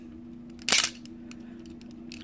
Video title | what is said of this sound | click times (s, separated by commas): Transformers Cybertron Override | place for the cyber key power you'll hear them click proving | 0.7 s